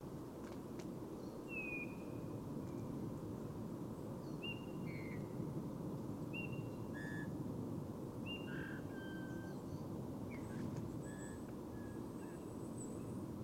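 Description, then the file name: Eurasian bullfinch giving soft, short piping whistles, mostly flat or slightly falling, spaced every second or two over a steady low background rumble. "Pyrrhula pyrrhula"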